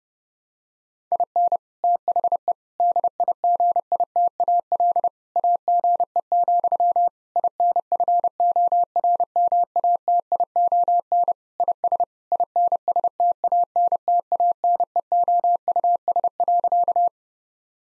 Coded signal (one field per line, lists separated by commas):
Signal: Morse code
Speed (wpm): 30 wpm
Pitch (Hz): 700 Hz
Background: none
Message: IN THE DIGITAL AGE, INFORMATION IS INSTANTANEOUS.